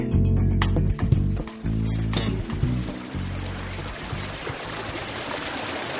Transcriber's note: sounds of water